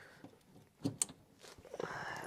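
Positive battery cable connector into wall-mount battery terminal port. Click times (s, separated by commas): 1.0 s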